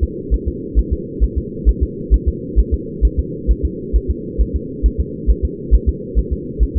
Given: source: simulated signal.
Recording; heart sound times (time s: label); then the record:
fetal heart sounds
0.04 s: S2
0.34 s: S1
0.48 s: S2
0.79 s: S1
0.93 s: S2
1.24 s: S1
1.38 s: S2
1.69 s: S1
1.83 s: S2
2.14 s: S1
2.28 s: S2
2.60 s: S1
2.74 s: S2
3.05 s: S1
3.19 s: S2
3.51 s: S1
3.65 s: S2
3.96 s: S1
4.11 s: S2
4.41 s: S1
4.56 s: S2
4.86 s: S1
5.00 s: S2
5.30 s: S1
5.45 s: S2
5.75 s: S1
5.89 s: S2
6.19 s: S1
6.33 s: S2
6.63 s: S1
6.77 s: S2
From the record:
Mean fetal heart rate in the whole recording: 135 bpm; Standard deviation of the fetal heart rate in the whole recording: 3 bpm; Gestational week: 34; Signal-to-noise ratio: -4.1 dB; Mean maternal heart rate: no maternal heart sound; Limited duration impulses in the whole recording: absent